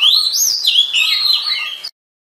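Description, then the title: Oriental magpie-robin giving a short continuous warbling phrase of high whistled notes that rise and fall, ending abruptly in silence. "suara kacer"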